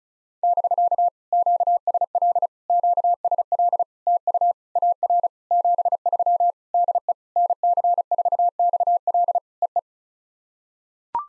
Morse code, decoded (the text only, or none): <BK> QSL QSL TU AR 73 DE NC4XL EE